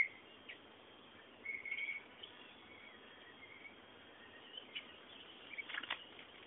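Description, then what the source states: Birds calling, with brief high chirps and whistled notes coming in small bursts over a constant hiss. Background bird sounds.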